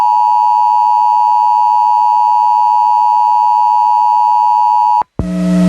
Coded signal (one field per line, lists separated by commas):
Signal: Emergency Alert System (SAME) tones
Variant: 853 and 960 Hz attention tone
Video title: EAS Scenario - Baby Einstein